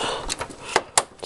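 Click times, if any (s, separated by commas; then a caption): 1.0 s. A RAM memory module is pressed down into a motherboard memory slot until the retaining clips snap shut. A few lighter knocks come at about 0.3, 0.4 and 0.8 s, then a sharp, bright click at 1.0 s. The module is seated.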